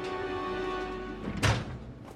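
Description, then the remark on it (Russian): A metal door of a stone hut on a hillside slams shut with one heavy, clanging thud that rises sharply out of a steady, humming background, followed by a faint echoing knock as it settles. “Она поворачивает голову на стук захлопнувшейся металлической двери.”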